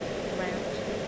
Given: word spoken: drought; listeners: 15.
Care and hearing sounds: one English word in noise, from a listening test; speech-shaped noise; -6.7 dB; 1 of 15; 6 of 15; 0.68 s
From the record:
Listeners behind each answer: 6, 2, 2, 1, 1, 1, 1, 1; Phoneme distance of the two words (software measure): 24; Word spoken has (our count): 1 syllable, 4 phonemes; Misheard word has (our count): 1 syllable, 4 phonemes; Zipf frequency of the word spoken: 3.88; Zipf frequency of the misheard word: 5.71

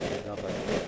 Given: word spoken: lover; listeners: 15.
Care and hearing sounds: one English word in noise, from a listening test; noise modulated by three-talker babble; -3.4 dB; 0 of 15; 10 of 15; 0.48 s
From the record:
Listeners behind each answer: 10, 2, 1, 1, 1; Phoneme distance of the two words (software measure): 27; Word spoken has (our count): 2 syllables, 4 phonemes, stress on syllable 1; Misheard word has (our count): 3 syllables, 5 phonemes, stress on syllable 2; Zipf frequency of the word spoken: 4.19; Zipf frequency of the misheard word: 5.79

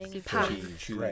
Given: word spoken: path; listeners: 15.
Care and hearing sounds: one English word in noise, from a listening test; four-talker babble; 0.5 dB; 2 of 15; 11 of 15; 0.72 s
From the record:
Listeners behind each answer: 11, 2, 1, 1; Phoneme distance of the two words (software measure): 20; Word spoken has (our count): 1 syllable, 3 phonemes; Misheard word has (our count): 1 syllable, 3 phonemes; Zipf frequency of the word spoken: 4.48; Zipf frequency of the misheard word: 4.62

